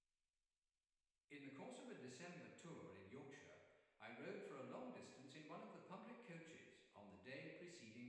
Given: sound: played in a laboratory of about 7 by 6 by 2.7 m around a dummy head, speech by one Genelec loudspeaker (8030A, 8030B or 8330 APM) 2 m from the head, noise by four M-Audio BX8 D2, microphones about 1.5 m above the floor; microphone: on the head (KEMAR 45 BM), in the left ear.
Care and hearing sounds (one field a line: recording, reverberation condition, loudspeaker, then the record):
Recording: male speech in English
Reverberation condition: high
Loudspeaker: 150 degrees to the left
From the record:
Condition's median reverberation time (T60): about 1300 ms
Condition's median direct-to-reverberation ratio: about -4.0 dB